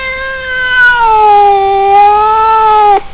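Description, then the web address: Cat giving one long, drawn-out meow that dips slightly, holds steady, and ends abruptly after about three seconds. "da capo vol 1 animals cat"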